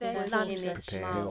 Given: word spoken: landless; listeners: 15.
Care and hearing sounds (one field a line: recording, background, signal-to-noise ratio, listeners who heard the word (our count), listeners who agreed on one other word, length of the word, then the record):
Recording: one English word in noise, from a listening test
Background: four-talker babble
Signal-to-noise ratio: -2.2 dB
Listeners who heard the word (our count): 0 of 15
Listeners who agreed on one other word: 6 of 15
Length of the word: 0.92 s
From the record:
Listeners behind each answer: 6, 1, 1, 1, 1, 1, 1, 1, 1, 1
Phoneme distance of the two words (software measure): 62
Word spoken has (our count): 2 syllables, 7 phonemes, stress on syllable 1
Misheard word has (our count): 2 syllables, 5 phonemes, stress on syllable 1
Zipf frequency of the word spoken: 2.23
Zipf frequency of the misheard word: 2.91